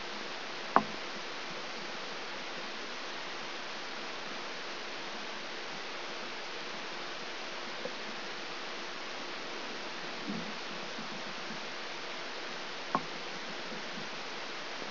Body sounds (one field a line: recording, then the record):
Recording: brain microelectrode recording played as sound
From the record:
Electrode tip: outside the subthalamic nucleus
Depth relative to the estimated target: -6 mm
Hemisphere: right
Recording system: AlphaMap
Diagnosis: Parkinson's disease